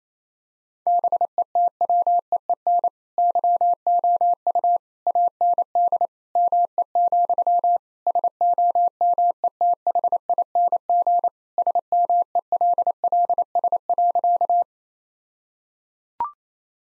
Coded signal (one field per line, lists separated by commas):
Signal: Morse code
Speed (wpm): 27 wpm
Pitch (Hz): 700 Hz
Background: none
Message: BETWEEN YOU AND ME, SOMETHING SMELLS.